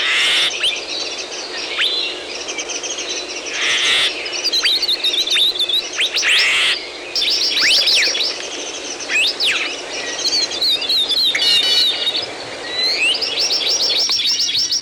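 Dense chorus of birdsong, high chirps and twittering phrases overlapping continuously, with brief quieter gaps between bursts.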